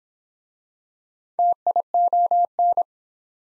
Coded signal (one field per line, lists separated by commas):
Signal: Morse code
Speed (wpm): 32 wpm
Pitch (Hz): 700 Hz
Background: none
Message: TION